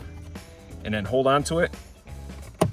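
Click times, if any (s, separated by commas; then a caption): 2.6 s. While reinstalling the plastic glove box of a Ford F150 after a cabin filter change, the glove box is held and lifted so its damper arm goes back into its mount. Someone talks, then a sharp, short snap at 2.6 s marks the damper arm seating back into place.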